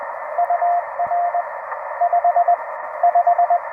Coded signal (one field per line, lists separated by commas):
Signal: Morse code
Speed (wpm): 17 wpm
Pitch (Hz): 690 Hz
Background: radio noise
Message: UR 55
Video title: CW POTA at Land Between the Lakes. CW Copy Practice with subtitles. Follow Along!